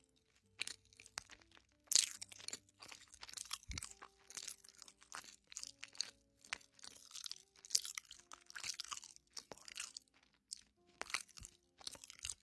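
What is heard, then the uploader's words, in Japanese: Chewing sounds with crisp, crunchy bites repeating every half second or so across the twelve seconds. Each bite is a bright, crackly burst, some sharper and louder, like near two and seven seconds. Low steady tones hum faintly underneath, shifting pitch occasionally. 咀嚼音。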